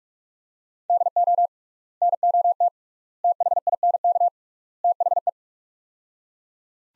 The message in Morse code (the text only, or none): DO NOT THINK THE